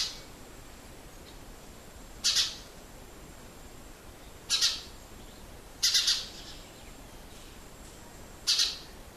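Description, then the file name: House sparrow giving four clipped, bright chirp bursts at uneven intervals, each a quick double or triple note against faint background hiss. "Passer domesticus"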